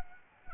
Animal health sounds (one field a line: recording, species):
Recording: mosquito wingbeat signal from an infrared sensor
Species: Anopheles arabiensis